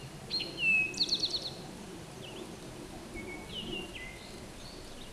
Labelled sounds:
Eastern Towhee (Pipilo erythrophthalmus) song
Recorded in a Pennsylvania forest on 17 May 2023 at 13:24
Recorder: AudioMoth, point grid1_29_low
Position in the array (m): 46 m, 69 m

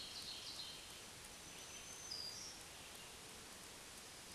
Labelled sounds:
Black-throated Green Warbler (Setophaga virens) song
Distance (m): 45 m
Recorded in a Pennsylvania forest on 1 June 2023 at 08:58
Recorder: AudioMoth, point grid3_12_low
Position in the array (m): 213 m, 138 m

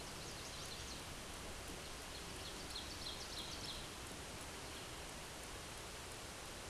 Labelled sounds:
Ovenbird (Seiurus aurocapilla) song
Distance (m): 115 m
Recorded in a Pennsylvania forest on 17 May 2023 at 14:01
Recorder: AudioMoth, point grid1_16_low
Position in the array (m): 217 m, 18 m

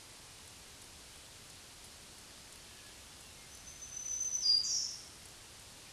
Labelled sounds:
Black-throated Green Warbler (Setophaga virens) song
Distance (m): 25 m
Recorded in a Pennsylvania forest on 1 June 2023 at 07:13
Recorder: AudioMoth, point grid3_27_low
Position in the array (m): 141 m, 60 m

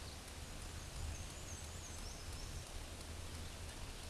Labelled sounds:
Black-and-white Warbler (Mniotilta varia) song
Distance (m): 70 m
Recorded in a Pennsylvania forest on 18 May 2023 at 13:58
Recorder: AudioMoth, point grid1_3_low
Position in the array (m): 90 m, 104 m

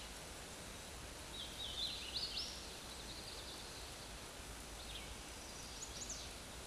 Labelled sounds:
Hooded Warbler (Setophaga citrina) song
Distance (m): 40 m
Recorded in a Pennsylvania forest on 18 May 2023 at 13:03
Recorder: AudioMoth, point grid1_37_low
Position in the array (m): 44 m, 180 m

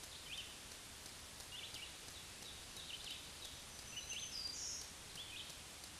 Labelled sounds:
Black-throated Green Warbler (Setophaga virens) song
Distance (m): 15 m
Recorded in a Pennsylvania forest on 1 June 2023 at 06:13
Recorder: AudioMoth, point grid3_38_low
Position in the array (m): 229 m, 154 m

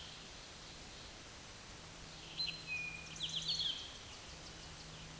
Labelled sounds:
Eastern Towhee (Pipilo erythrophthalmus) song
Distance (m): 40 m
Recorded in a Pennsylvania forest on 17 May 2023 at 13:27
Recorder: AudioMoth, point grid1_31_low
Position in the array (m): 109 m, 102 m

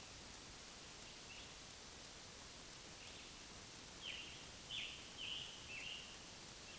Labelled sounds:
Scarlet Tanager (Piranga olivacea) song
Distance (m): 70 m
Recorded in a Pennsylvania forest on 1 June 2023 at 08:08
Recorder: AudioMoth, point grid3_32_high
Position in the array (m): 165 m, 140 m

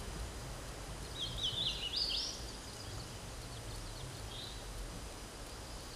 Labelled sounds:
Hooded Warbler (Setophaga citrina) song
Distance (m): 20 m
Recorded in a Pennsylvania forest on 17 May 2023 at 12:42
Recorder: AudioMoth, point grid1_15_low
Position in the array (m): 53 m, 189 m

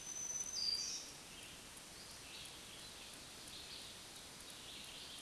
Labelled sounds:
Black-throated Green Warbler (Setophaga virens) song
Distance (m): 25 m
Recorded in a Pennsylvania forest on 1 June 2023 at 08:47
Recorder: AudioMoth, point grid3_6_high
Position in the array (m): 183 m, 21 m

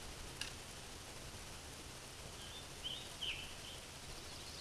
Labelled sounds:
Scarlet Tanager (Piranga olivacea) song
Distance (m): 30 m
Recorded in a Pennsylvania forest on 19 May 2023 at 13:59
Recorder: AudioMoth, point grid1_27_low
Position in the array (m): 153 m, 63 m

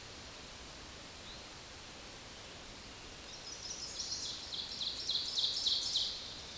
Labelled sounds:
Scarlet Tanager (Piranga olivacea) song
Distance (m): 60 m
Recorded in a Pennsylvania forest on 19 May 2023 at 10:41
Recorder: AudioMoth, point grid1_2_low
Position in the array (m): 133 m, 79 m

